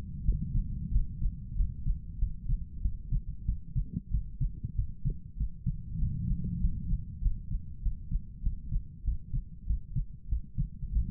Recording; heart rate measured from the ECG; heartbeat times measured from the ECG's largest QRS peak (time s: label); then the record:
heart sounds by stethoscope; 96 bpm
0.24 s: heartbeat
0.91 s: heartbeat
1.55 s: heartbeat
2.18 s: heartbeat
2.81 s: heartbeat
3.45 s: heartbeat
4.10 s: heartbeat
4.75 s: heartbeat
5.37 s: heartbeat
5.98 s: heartbeat
6.60 s: heartbeat
7.22 s: heartbeat
7.82 s: heartbeat
8.42 s: heartbeat
9.04 s: heartbeat
9.66 s: heartbeat
10.28 s: heartbeat
10.92 s: heartbeat
From the record:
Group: healthy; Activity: rest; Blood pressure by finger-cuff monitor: 89/52 mmHg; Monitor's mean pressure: 60 mmHg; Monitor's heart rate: 95 bpm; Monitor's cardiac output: 8.3 L/min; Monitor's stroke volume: 90 mL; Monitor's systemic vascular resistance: 510 dyn s/cm5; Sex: male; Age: 23 years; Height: 179 cm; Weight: 87 kg